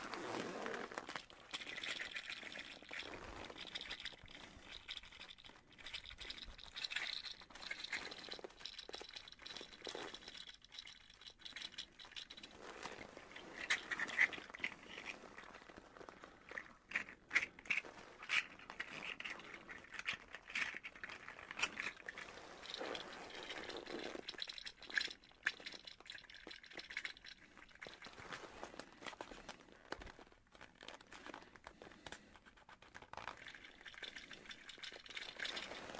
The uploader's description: the gentle sounds of his leather coat and a beautiful land octopus